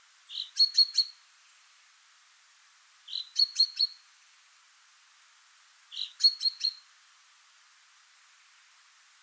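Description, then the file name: Common chaffinch calling in three evenly spaced bursts of four or five quick, sharp notes, with a quiet pause after them. "Fringilla coelebs"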